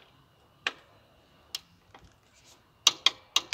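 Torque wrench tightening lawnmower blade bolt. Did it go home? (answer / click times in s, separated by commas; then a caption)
yes / 2.9 s. A torque wrench set to 28 Nm tightens a lawnmower blade bolt while the nut is held with a 13 mm wrench. After a few scattered ticks, a sharp, loud click at 2.9 s is followed by further quick ticks at 3.1, 3.4 and 3.5 s. The click marks that 28 Nm has been reached, and the bolt is confirmed fine.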